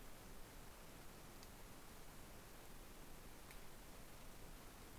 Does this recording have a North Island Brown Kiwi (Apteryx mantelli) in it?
no